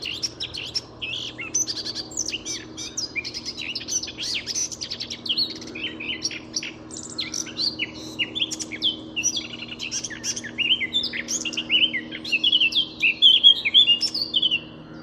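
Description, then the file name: Eurasian blackcap delivering a long, fast warble of scratchy and sweet high notes, becoming louder and more varied toward the end, over a quiet low hum. "Sylvia atricapilla"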